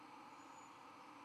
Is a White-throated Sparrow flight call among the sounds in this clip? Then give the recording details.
no. No flight call is heard. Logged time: 22:20 on 11 November 2014